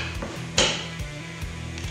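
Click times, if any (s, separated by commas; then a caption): 0.6 s. On a Kawasaki jet ski's jet pump, the reverse bucket is pulled up by its handle until its linkage locks into place. A sharp metallic knock at 0.6 s marks the bucket seating and locking, followed by a fainter tap near 1.8 s over a steady low hum.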